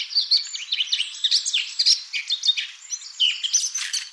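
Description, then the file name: Eurasian blackcap warbling rapidly, with scratchy chirps mixed with fluty whistled notes in a dense, unbroken run. "Sylvia atricapilla"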